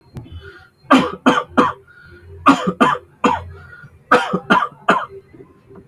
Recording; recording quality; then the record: shallow voluntary cough; excellent, no background noise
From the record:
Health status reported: healthy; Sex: male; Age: 21 years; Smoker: no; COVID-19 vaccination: both doses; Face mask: not worn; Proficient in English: yes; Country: India